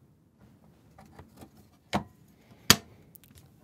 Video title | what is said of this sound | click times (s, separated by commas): Workshop Hypex DIY Pre amp | Clicks in place | 2.7 s